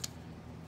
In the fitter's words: of the engine deck as well as this rear plate and once you get it lined up it literally just clicks into place there